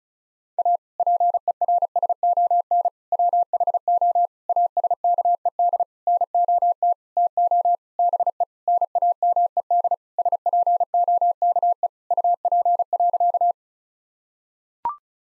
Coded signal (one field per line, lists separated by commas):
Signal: Morse code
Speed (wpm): 34 wpm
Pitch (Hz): 700 Hz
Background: none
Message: A PERSON WHO ASKED NOT TO BE NAMED SPOKE UP.